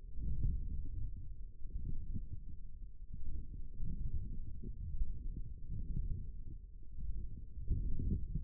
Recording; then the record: forearm muscle sounds (acoustic myography)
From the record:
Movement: forearm supination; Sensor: system 1, eight BSWA MPA416 microphones around the upper forearm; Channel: 2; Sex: male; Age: 20 years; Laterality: left